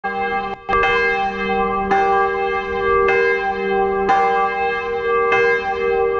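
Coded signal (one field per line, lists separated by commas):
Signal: clock strike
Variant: swinging bronze bell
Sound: about six strikes of a large ringing bell, evenly spaced, long humming decay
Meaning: Bell strikes announce the hour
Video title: 《大港迴聲 整點報時》搖擺鐘 @ 大港迴聲音樂銅鐘廣場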